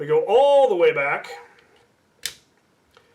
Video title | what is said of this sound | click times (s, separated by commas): Monday Mod Tips - Elite Alpha Trooper - Reassembly Guide | and now that does in fact lock down our plunger locks into place | 2.3 s